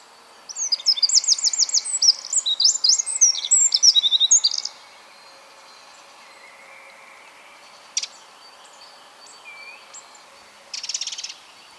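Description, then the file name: Eurasian wren singing a loud, rapid, high-pitched song of tumbling trills and twittering notes for about four seconds, then a lone tick and a brief buzzy burst. "Troglodytes troglodytes"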